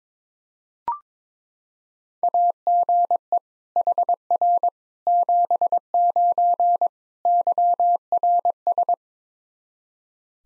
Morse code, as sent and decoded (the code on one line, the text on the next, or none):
.- --. . / .... .-. / --... ----. / -.-- .-. ...
AGE HR 79 YRS